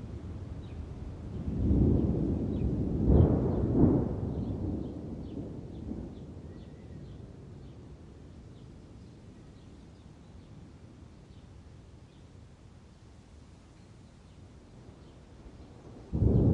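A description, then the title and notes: Thunder rumbles low and heavy, building around two seconds and peaking near three to four seconds before fading slowly over the next several seconds. A steady hiss of rain continues beneath, with small chirping calls repeating faintly. Another thunder burst starts right at the end. Thunderstorm sounds, thunder sounds, rain sounds. Stormy weather sounds, peaceful rain noises.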